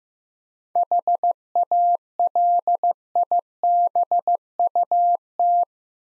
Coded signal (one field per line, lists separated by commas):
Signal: Morse code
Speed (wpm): 15 wpm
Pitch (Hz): 700 Hz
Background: none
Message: HALIBUT